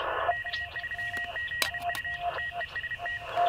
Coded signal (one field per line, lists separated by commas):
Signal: Morse code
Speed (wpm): 30 wpm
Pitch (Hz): 1900 Hz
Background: radio noise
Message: K3ZU TEST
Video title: Ham Radio Camping | Yaesu 891 | HyEndFed Antenna